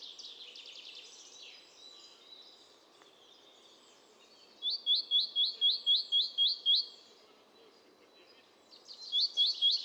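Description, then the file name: Great tit giving a run of about nine sharp repeated notes at a steady four per second. Other birds twitter before it, and a short second run follows. "Parus major"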